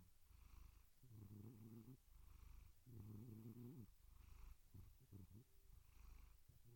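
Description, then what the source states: Domestic cat giving low purring bursts, two long ones then several short broken pulses, with a soft rumbling background throughout. Gentle cat meows and purrs.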